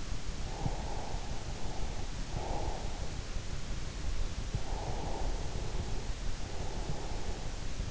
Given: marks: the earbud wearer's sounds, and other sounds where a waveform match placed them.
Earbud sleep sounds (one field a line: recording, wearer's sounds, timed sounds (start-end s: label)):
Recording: sounds in sleep by an in-ear microphone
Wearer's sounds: breath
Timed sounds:
0.00-3.31 s: breath
4.29-7.67 s: breath